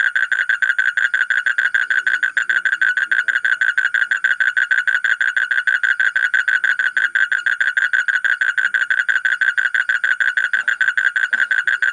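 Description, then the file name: Asian common toad calling in one long unbroken trill, fast rasping pulses repeated without a break for the whole stretch. "suara kodok bangkong kolong kodok buduk"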